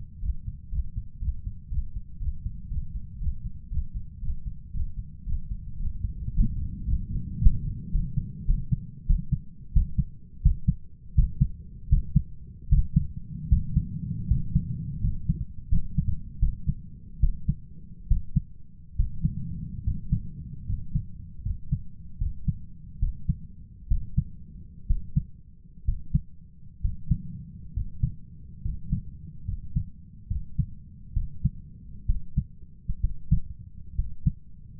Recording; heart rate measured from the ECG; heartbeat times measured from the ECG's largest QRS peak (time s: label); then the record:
heart sounds by stethoscope; 84 bpm
0.20 s: heartbeat
0.70 s: heartbeat
1.19 s: heartbeat
1.69 s: heartbeat
2.19 s: heartbeat
2.69 s: heartbeat
3.19 s: heartbeat
3.69 s: heartbeat
4.21 s: heartbeat
4.72 s: heartbeat
5.25 s: heartbeat
5.78 s: heartbeat
6.32 s: heartbeat
6.85 s: heartbeat
7.38 s: heartbeat
7.91 s: heartbeat
8.46 s: heartbeat
9.06 s: heartbeat
9.72 s: heartbeat
10.42 s: heartbeat
11.14 s: heartbeat
11.89 s: heartbeat
12.68 s: heartbeat
13.48 s: heartbeat
14.27 s: heartbeat
15.00 s: heartbeat
15.69 s: heartbeat
16.39 s: heartbeat
17.20 s: heartbeat
18.07 s: heartbeat
18.96 s: heartbeat
19.83 s: heartbeat
20.65 s: heartbeat
21.42 s: heartbeat
22.18 s: heartbeat
22.99 s: heartbeat
23.87 s: heartbeat
24.86 s: heartbeat
25.84 s: heartbeat
26.80 s: heartbeat
27.73 s: heartbeat
28.61 s: heartbeat
29.44 s: heartbeat
30.27 s: heartbeat
31.13 s: heartbeat
32.05 s: heartbeat
33.00 s: heartbeat
33.95 s: heartbeat
From the record:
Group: healthy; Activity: Valsalva maneuver 0-8 s, rest 8-35 s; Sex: male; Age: 23 years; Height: 178 cm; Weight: 96.6 kg